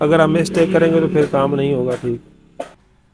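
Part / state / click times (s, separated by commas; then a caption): small internal part into a motorcycle engine crankcase / seated / 2.6 s. Someone talks while a small metal part is pressed down from above into the crankcase of a CD70 motorcycle engine. After the talking stops, a single sharp hit is heard at 2.6 s as the part seats in its place.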